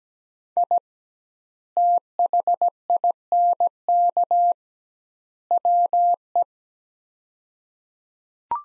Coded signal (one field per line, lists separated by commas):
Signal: Morse code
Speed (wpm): 17 wpm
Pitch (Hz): 700 Hz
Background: none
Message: I THINK WE